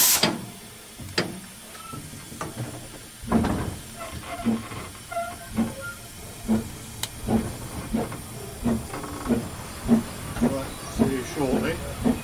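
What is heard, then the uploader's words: A steam locomotive chuffs rhythmically on a small railway, regular beats quickening after a few seconds, with hissing steam and faint voices. Loco Sounds: Volume 1 - The Talyllyn Railway. Recorded By Luke Ryan. Sound Engineering By Tom Denham. Sounds and environments of the Talyllyn Railway.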